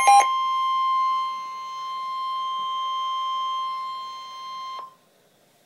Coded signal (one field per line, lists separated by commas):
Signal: Emergency Alert System (SAME) tones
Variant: 1050 Hz attention tone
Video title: Severe Thunderstorm Warning - EAS #198